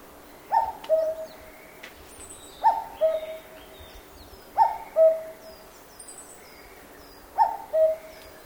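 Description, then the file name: Cuckoo calling a two-note falling cuck-oo four times, while other small birds add faint high chirps and twitters behind it. Japan; forest. "BIRD CUCKOO CALL JAPAN FOREST LOOP"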